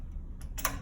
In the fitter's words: just like that should snap into place so now my stock is nice and secure okay